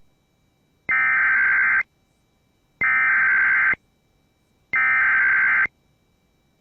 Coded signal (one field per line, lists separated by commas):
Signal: Emergency Alert System (SAME) tones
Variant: header bursts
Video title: EAS #5 - Child Abduction Emergency